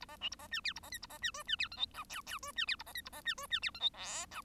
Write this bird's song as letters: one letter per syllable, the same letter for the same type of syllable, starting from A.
A B C A B D E A B F A B D G D E H I J K K G D E A B F A B D G D E H I L J